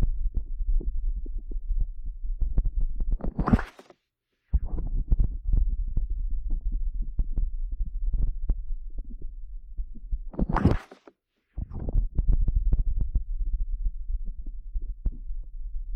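Hands cupped over the ears give a muffled low rumble full of soft irregular thumps and pulses. Near 4 and 11 seconds a bright rushing swish rises sharply, then everything cuts to silence for under a second before the rumble returns.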